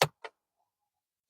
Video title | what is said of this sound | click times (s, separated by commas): Front Facing Seat Belt Installation, Britax Poplar | so push the door all the way down until it clicks | 0.0 s